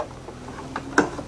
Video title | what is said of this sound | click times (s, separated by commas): Dometic Air Conditioner Maintenance & Proper Use - Teach Me RV! | we got our cover up secure inside of here locked into place um | 1.0 s